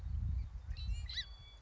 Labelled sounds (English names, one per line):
Song Sparrow